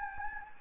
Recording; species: mosquito wingbeat signal from an infrared sensor; Anopheles gambiae